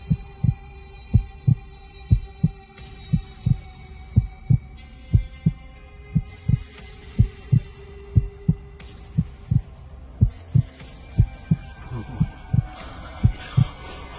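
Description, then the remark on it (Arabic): Hospital heart monitor sounds: a steady, evenly paced series of low heartbeat thumps, roughly two per second, over sustained electronic humming tones, with no talking. “صوت اجهزة القلب في المستشفى.”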